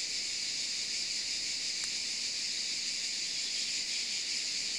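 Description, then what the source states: Cicadas in a constant shrill buzzing chorus, interrupted only by a single brief click near the two-second mark. In the Maures, Var, France, on 3 July 2024 at 13:30.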